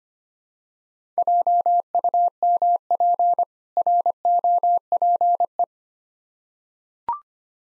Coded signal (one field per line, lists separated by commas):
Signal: Morse code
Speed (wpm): 25 wpm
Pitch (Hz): 700 Hz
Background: none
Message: JUMP ROPE